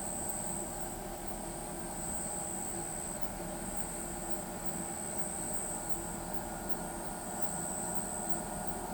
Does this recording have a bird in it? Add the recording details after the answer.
no. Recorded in pastures near Pivijay, Magdalena, Colombia, on 16 April 2023 at 20:00. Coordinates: 10.456, -74.369. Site P6-G026